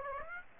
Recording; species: mosquito wingbeat signal from an infrared sensor; Aedes aegypti